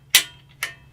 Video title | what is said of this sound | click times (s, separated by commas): Unboxing Of Cooler Master Elite 130 Cases | well lock in | 0.1 s